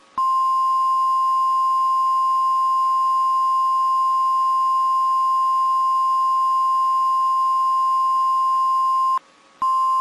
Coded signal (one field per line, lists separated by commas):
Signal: Emergency Alert System (SAME) tones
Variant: 1050 Hz attention tone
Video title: EAS Alarms From EVERY Country In The World